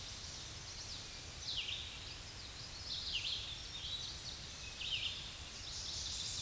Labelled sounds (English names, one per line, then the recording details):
Red-eyed Vireo song
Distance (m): 30 m
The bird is about 5 m above the microphone
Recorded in a Pennsylvania forest on 16 May 2024 at 07:51
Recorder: AudioMoth, point MSD-2146
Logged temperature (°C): 16.7 °C
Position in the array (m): 149 m, 27 m